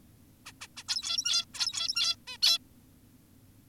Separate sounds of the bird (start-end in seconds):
0.46-0.52, 0.61-0.68, 0.77-0.84, 0.89-1.45, 1.54-2.16, 2.28-2.38, 2.42-2.58